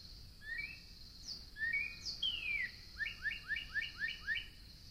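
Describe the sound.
Northern cardinal singing whistled slurs and a long downslurred note, then a quick series of six repeated chip-like whistles, with faint high hiss behind.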